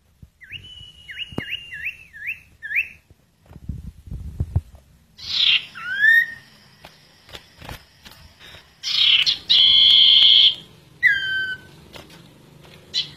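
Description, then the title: Bird song: a fast wavering whistled trill, then loud downslurred whistles and a harsh buzzy note among scattered chips. "Kicau Burung Yoi"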